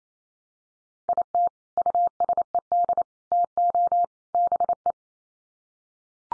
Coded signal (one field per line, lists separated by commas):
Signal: Morse code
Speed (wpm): 28 wpm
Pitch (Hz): 700 Hz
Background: none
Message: IT USED TO BE